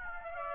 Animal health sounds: mosquito wingbeat signal from an infrared sensor; Aedes aegypti

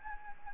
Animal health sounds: mosquito wingbeat signal from an infrared sensor; Anopheles gambiae

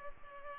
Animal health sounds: mosquito wingbeat signal from an infrared sensor; Culex pipiens

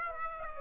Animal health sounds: mosquito wingbeat signal from an infrared sensor; Aedes aegypti

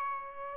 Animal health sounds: mosquito wingbeat signal from an infrared sensor; Aedes aegypti

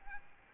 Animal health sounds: mosquito wingbeat signal from an infrared sensor; Aedes albopictus

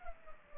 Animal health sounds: mosquito wingbeat signal from an infrared sensor; Culex pipiens

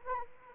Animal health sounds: mosquito wingbeat signal from an infrared sensor; Anopheles arabiensis

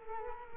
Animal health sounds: mosquito wingbeat signal from an infrared sensor; Culex quinquefasciatus

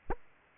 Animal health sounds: mosquito wingbeat signal from an infrared sensor; Aedes aegypti

